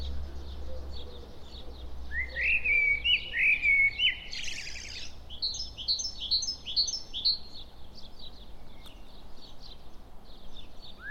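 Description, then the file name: Common blackbird giving a short mellow warbled phrase, followed by a brief rustling burst and a series of thin, high squeaky notes. "Turdus merula"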